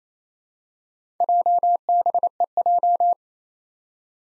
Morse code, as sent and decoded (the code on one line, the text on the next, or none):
.--- -... . .---
JBEJ